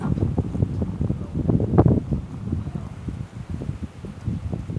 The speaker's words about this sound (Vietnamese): Gió này nghe có rõ không?